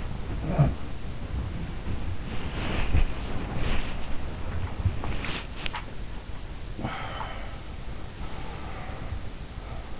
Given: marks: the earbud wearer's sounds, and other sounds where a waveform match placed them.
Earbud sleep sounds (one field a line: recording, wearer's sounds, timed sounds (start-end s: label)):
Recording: sounds in sleep by an in-ear microphone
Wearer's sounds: body movement, teeth grinding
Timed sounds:
0.00-6.21 s: body movement
5.26-5.98 s: teeth grinding
6.49-7.89 s: sound from someone else or the room
7.98-10.00 s: sound from someone else or the room